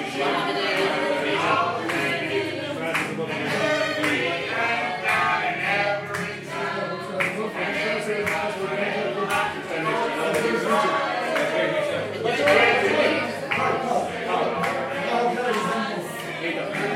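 A crowd of voices sings along together in a dense, continuous chorus that holds at a steady loudness throughout. Sharp clicks and what sound like claps or knocks punctuate the singing at irregular moments, with chatter mixed underneath.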